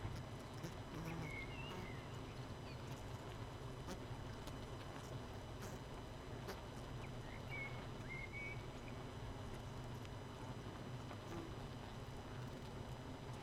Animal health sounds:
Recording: honeybee colony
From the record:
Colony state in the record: missing queen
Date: 31 May 2018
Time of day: 19:07

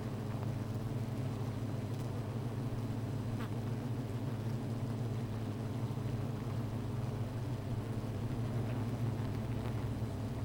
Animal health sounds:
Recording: honeybee colony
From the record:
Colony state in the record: missing queen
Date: 14 July 2017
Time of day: 15:04

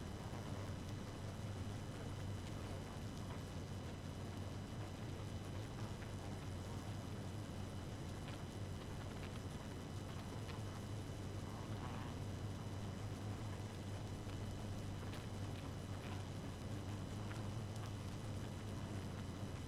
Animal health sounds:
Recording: honeybee colony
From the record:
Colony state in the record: active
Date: 12 June 2018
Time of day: 1:59

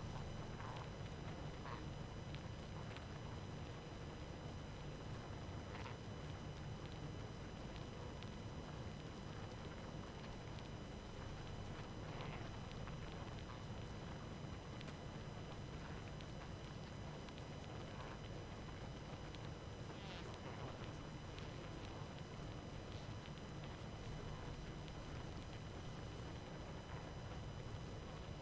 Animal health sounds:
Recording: honeybee colony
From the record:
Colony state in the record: active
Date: 12 June 2018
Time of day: 23:39

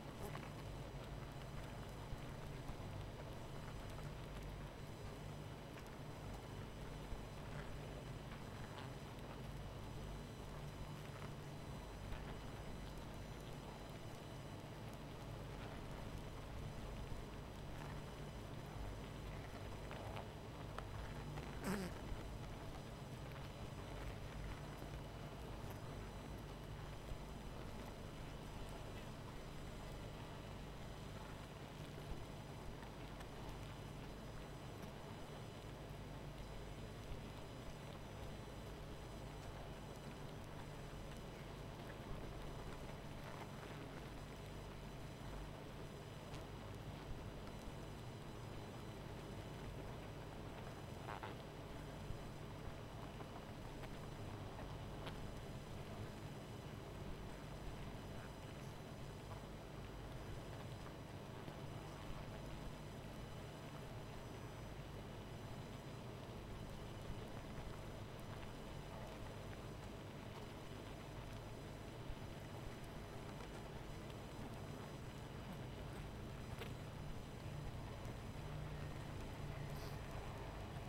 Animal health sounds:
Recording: honeybee colony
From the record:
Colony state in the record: missing queen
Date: 14 July 2017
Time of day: 23:14

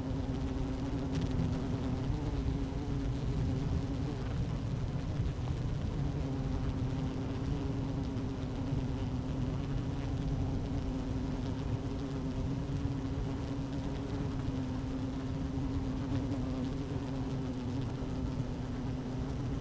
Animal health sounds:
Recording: honeybee colony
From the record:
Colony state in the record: active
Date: 12 June 2018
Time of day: 12:06

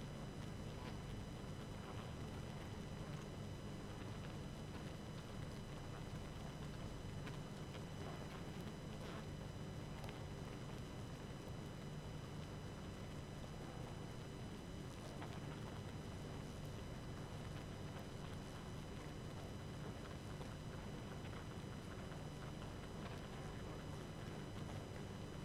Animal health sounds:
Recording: honeybee colony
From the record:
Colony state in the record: active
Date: 12 June 2018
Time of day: 19:25

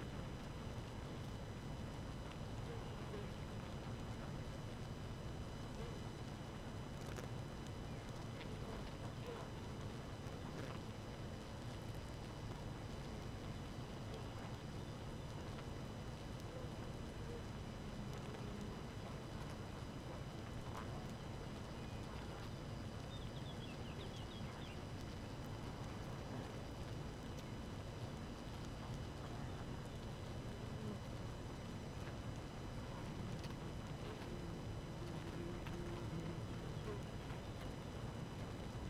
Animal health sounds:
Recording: honeybee colony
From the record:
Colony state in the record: active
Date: 12 June 2018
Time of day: 4:46

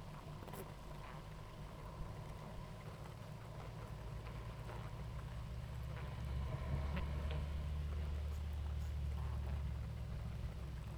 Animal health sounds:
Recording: honeybee colony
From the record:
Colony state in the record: active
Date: 28 July 2017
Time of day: 18:52

